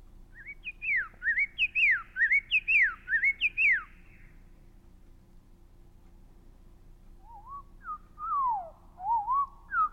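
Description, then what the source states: Common Yellowthroat song: a series of rapid phrases of notes sweeping up and down, then a lower, slower version of the same phrases. Song of four phrases, 'witchety, witchety, witchety, witchety', played at regular speed then slowed down; slowed, each note rises, sometimes rising, falling and rising rapidly.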